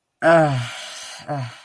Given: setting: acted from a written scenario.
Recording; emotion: vocal sound without words; shame